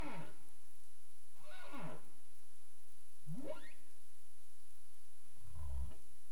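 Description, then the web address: Humpback whale sounds: several sweeping moans and steep sweeps, with a steady high tone and underwater noise. Caribbean, recorded 27 April 2035 at 22:35 UTC, CARIMAM dataset. "CARIMAM humpback whale 20350427 223531 UTC"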